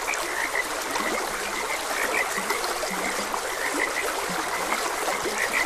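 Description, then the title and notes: Bright frog chirps and short low croaks sounding irregularly through the hiss and gurgle of a flowing stream. Frogs croaking beside a gentle stream. "Frogs Croaking. Sleep and Relaxation Podcast"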